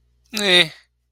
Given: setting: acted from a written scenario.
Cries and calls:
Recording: vocal sound without words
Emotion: neutral

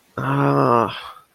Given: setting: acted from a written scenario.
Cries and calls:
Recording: vocal sound without words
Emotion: shame

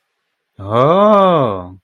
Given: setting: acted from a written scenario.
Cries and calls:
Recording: vocal sound without words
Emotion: awe

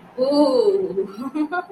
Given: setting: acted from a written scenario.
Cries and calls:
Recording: vocal sound without words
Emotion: amusement

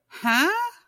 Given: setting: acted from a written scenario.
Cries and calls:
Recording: vocal sound without words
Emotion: confusion

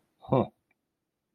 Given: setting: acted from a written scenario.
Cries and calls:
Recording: vocal sound without words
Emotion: contempt

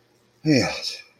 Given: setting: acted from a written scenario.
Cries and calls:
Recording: vocal sound without words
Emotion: serenity

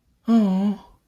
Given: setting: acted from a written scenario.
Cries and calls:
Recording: vocal sound without words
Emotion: sympathy

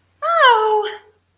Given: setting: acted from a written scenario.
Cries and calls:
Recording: vocal sound without words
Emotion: positive surprise

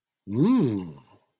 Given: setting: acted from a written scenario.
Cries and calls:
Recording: vocal sound without words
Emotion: interest

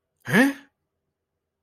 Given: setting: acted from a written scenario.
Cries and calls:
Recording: vocal sound without words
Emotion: confusion

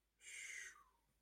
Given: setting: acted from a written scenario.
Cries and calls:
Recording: vocal sound without words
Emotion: awe

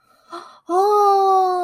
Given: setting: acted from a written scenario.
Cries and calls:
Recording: vocal sound without words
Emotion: realization

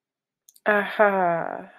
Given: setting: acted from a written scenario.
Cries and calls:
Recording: vocal sound without words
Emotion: pride

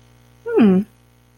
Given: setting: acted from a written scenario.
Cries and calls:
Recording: vocal sound without words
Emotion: neutral

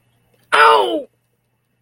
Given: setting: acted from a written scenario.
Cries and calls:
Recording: vocal sound without words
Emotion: pain

